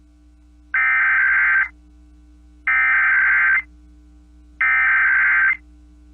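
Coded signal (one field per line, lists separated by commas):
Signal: Emergency Alert System (SAME) tones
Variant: header bursts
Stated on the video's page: Statewide Required Monthly Test received from 1430 KBRK-AM Brookings, South Dakota.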